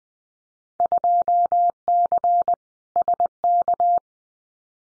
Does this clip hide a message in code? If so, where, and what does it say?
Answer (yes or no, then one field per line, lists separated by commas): yes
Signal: Morse code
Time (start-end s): 0.8-4.0 s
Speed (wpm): 20 wpm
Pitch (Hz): 700 Hz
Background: none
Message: 2C SK